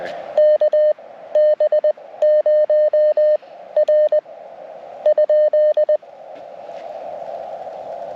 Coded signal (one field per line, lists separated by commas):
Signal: Morse code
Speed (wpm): 20 wpm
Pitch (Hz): 610 Hz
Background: radio noise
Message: KB0R ?